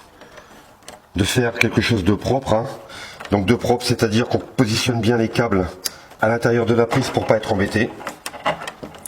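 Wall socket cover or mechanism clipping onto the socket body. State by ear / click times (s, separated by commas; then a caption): partly seated / 8.3 s. Someone talks for most of the clip while wires are placed inside a wall socket. The plastic socket part or cover is then pushed to clip it onto the socket body, giving a sharp click at 8.3 s followed by a few smaller clicks. It is clipped in badly and does not seat properly.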